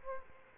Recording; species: mosquito wingbeat signal from an infrared sensor; Aedes aegypti